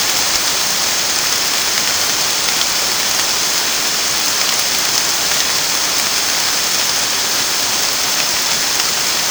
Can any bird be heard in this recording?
no